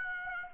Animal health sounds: mosquito wingbeat signal from an infrared sensor; Aedes aegypti

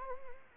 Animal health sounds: mosquito wingbeat signal from an infrared sensor; Anopheles gambiae

